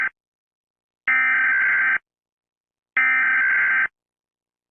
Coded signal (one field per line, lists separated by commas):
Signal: Emergency Alert System (SAME) tones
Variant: header bursts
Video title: Rating EAS Alarms A-Z Again: The Come Back! (Birthday Special)